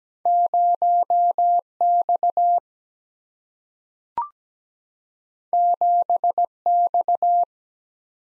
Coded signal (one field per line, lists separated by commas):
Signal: Morse code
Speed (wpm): 17 wpm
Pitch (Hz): 700 Hz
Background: none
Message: 0X 7X